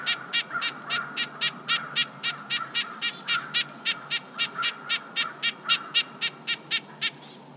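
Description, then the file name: Red-breasted nuthatch repeating a nasal, horn-like note at a quick, even pace over a soft hiss. "Red-breasted Nuthatch - Sitta canadensis"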